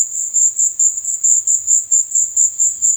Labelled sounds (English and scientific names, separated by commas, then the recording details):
Roadside Hawk (Rupornis magnirostris)
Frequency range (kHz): Roadside Hawk (Rupornis magnirostris) 2.7-5.6 kHz
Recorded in dense forest near Puerto Asís, Putumayo, Colombia, on 18 February 2024 at 16:00
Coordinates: 0.505, -76.324
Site G6467